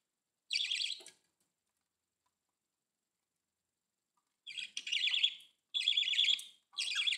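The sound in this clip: Budgerigar chirps: one short scratchy warble burst, a long silence, then a few more buzzy chattering bursts close together near the end.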